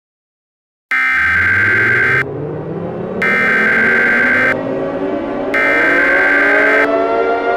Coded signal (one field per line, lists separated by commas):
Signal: Emergency Alert System (SAME) tones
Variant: header bursts